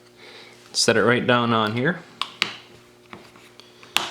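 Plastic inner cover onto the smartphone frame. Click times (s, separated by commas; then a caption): 2.2 s, 2.4 s, 4.0 s. Someone talks briefly as a plastic inner cover is set onto a OnePlus One smartphone frame and pressed down. Sharp snaps are heard at 2.2, 2.4 and 4.0 seconds as its clips click in one after another, with fainter ticks in between. The cover ends up seated on the frame.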